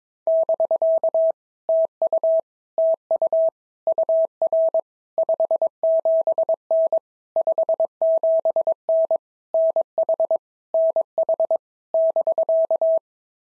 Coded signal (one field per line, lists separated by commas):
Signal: Morse code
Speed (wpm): 22 wpm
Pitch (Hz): 650 Hz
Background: none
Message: <BK> TU TU UR 57N 57N NH NH <BK>